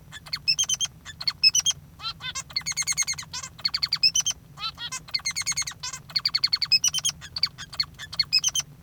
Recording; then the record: song of a male Bengalese finch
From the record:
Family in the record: father 3